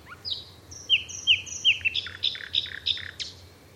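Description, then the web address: Bird calls: a quick series of sharp high chirps and slurred notes, some paired with lower notes. "Bird Only"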